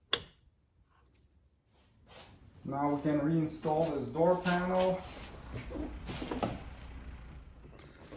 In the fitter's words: plug the connector in until it clicks.